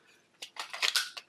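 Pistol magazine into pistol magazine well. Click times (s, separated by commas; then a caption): 1.0 s. A Glock-pattern steel and polymer magazine is pushed into the magazine well of a pistol, making a short series of sharp metallic and plastic clicks and scrapes between about 0.4 and 1.2 seconds. The loudest click, at 1.0 seconds, is the magazine seating, and it is confirmed to work in the well.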